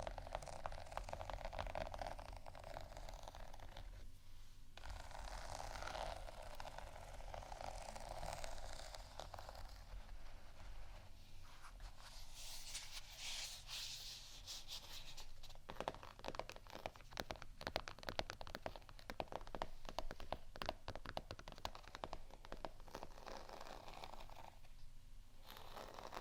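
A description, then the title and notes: Dense, continuous scratching and rubbing on textured objects, with sharper crackly taps clustering after fifteen seconds, over a low steady hum and faint beat. ASMR Scratch & Tap On Textured Items & beat （No Talking）.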